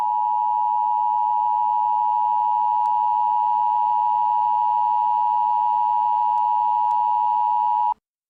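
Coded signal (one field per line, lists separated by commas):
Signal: Emergency Alert System (SAME) tones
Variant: 853 and 960 Hz attention tone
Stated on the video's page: Simulated EAS using real tones, with a synthesized text-to-speech voice, recreating events from a television series finale.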